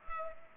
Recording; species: mosquito wingbeat signal from an infrared sensor; Culex pipiens